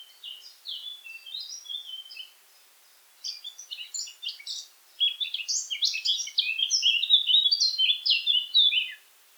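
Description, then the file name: Eurasian blackcap singing a soft warble, a brief pause, then longer, louder, rapid and varied warbling. "Sylvia atricapilla"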